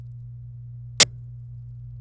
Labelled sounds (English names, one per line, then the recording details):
Domestic Canary song
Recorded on 26 April 2018 at 19:00
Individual llb3